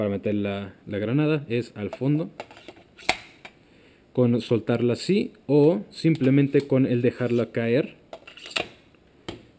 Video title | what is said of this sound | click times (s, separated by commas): CAW BG-15 AK Grenade Launcher (Airsoft) - Cómo usar la réplica | más asegúrense que quede bien cada click como escucharon ahorita que | 8.6 s